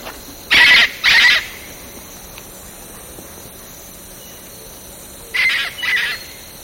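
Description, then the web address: Eclectus parrot giving harsh, raspy screeches in two pairs, a quick double call near the start and another double call about five seconds later, with steady faint background hiss. Indonesia. "ULM-DS-Lab indonesian-bird-sounds. Eclectus roratus"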